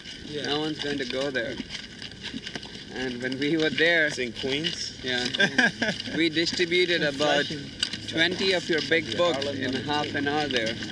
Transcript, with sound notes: No one's going to go there. And when we were there...
It's in Queens?
[laughs] In Flushing.
...we distributed about twenty of your big books in half an hour there,